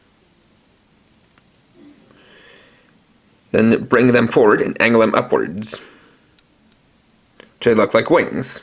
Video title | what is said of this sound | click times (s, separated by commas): RKF Rider Armor Series Kamen Rider Geiz Revive Review (Kamen Rider Zi-O) | folding them back until they lock into place like this | 1.4 s